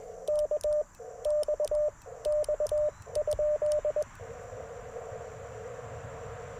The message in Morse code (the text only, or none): K X X?